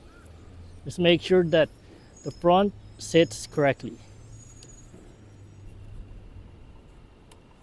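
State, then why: Seated. Someone talks while fitting the pinch-to-tab passenger-side front wiper blade onto the end tab of the metal wiper arm on a 2009 Mercedes ML350 (W164), wiggling it on and squeezing it at the bottom. After the talking stops there is a quiet stretch with faint background noise, then a short sharp click at 7.3 s. The blade locks onto the wiper arm and is confirmed seated.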